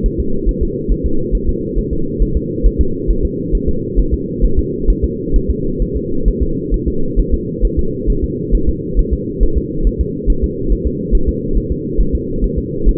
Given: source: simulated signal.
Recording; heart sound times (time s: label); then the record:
fetal heart sounds
0.06 s: S1
0.20 s: S2
0.49 s: S1
0.63 s: S2
0.92 s: S1
1.06 s: S2
1.35 s: S1
1.49 s: S2
1.78 s: S1
1.93 s: S2
2.22 s: S1
2.37 s: S2
2.66 s: S1
2.81 s: S2
3.11 s: S1
3.25 s: S2
3.55 s: S1
3.69 s: S2
3.99 s: S1
4.14 s: S2
4.45 s: S1
4.59 s: S2
4.90 s: S1
5.04 s: S2
5.36 s: S1
5.50 s: S2
5.82 s: S1
5.97 s: S2
6.28 s: S1
6.43 s: S2
6.74 s: S1
6.88 s: S2
7.19 s: S1
7.34 s: S2
7.65 s: S1
7.79 s: S2
8.10 s: S1
8.24 s: S2
8.55 s: S1
8.69 s: S2
8.99 s: S1
9.13 s: S2
9.43 s: S1
9.58 s: S2
9.87 s: S1
10.01 s: S2
10.30 s: S1
10.44 s: S2
10.72 s: S1
10.87 s: S2
11.15 s: S1
11.29 s: S2
11.57 s: S1
11.72 s: S2
12.00 s: S1
12.15 s: S2
12.44 s: S1
12.58 s: S2
12.89 s: S1
From the record:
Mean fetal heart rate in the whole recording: 135 bpm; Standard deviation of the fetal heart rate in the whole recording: 3 bpm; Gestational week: 36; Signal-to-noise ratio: -8.1 dB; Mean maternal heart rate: 72 bpm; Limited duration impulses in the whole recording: absent